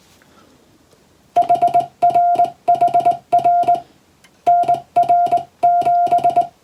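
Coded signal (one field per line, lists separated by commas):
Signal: Morse code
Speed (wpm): 20 wpm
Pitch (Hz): 700 Hz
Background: music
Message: HRHR NR7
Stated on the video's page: English-language Morse code practice taken from a European-language telegram practice book.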